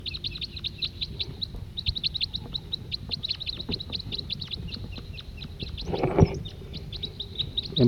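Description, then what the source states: Crossbill song: dense, rapid strings of high chipping and twittering notes over a low rumble, with a brief louder scraping noise near the end. Song given by a decoy bird placed on the ground in the middle of a gravel parking lot beside a road.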